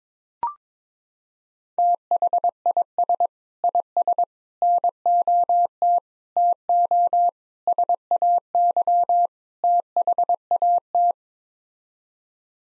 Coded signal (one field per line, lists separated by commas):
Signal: Morse code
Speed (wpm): 22 wpm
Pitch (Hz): 700 Hz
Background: none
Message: THIS IS NOT TO SAY THAT